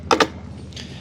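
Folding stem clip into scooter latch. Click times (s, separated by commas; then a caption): 0.1 s. The stem of a Vmax VX2 Pro GT electric scooter is pushed down while folding so its clip snaps onto the front/deck catch. Two loud, sharp, woody hits are heard at 0.1 s and 0.2 s, followed by a low steady background and a faint hiss around 0.8 s. The latch seats at 0.1 s, snapping firmly into place.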